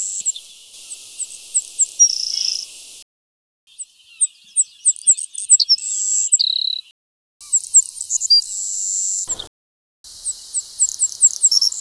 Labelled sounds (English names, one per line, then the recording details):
Savannah Sparrow song
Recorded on Kent Island, New Brunswick, in 2004